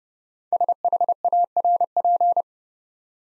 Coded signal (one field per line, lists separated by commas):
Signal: Morse code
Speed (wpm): 30 wpm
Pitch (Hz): 700 Hz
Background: none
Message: SHARP